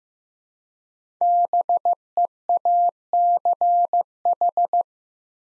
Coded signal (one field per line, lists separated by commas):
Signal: Morse code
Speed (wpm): 15 wpm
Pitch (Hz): 700 Hz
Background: none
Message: BEACH